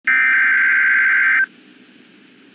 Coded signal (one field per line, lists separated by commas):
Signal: Emergency Alert System (SAME) tones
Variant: header bursts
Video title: (EAS #12) Snow Squall Warning for NJ & PA